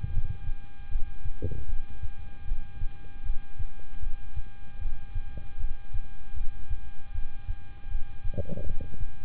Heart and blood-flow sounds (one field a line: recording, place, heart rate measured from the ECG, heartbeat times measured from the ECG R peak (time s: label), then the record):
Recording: heart sounds by stethoscope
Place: between the tricuspid and mitral areas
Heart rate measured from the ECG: 77 bpm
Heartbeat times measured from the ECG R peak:
0.10 s: heartbeat
0.89 s: heartbeat
1.66 s: heartbeat
2.45 s: heartbeat
3.23 s: heartbeat
4.00 s: heartbeat
4.79 s: heartbeat
5.57 s: heartbeat
6.34 s: heartbeat
7.12 s: heartbeat
7.88 s: heartbeat
8.64 s: heartbeat
From the record:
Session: rest, lying down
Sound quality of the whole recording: good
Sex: male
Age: 26 years